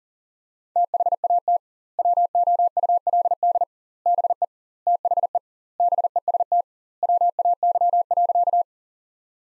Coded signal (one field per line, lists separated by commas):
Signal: Morse code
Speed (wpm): 40 wpm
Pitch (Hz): 700 Hz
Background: none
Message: THAT WOULD BE THE BEST WAY.